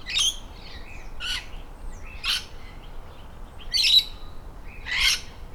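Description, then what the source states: Lorikeet calls: five rasping screeches spaced about a second apart, with softer chattering notes between them. Lorikeet calling in birches.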